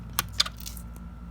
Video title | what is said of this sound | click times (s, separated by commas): How to fix a sander platen (Platen replacement) | yeah i felt it click right into place already i can feel a huge difference | 0.2 s, 0.4 s